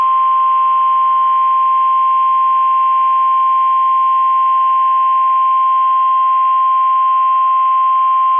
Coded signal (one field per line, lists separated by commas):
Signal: Emergency Alert System (SAME) tones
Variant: 1050 Hz attention tone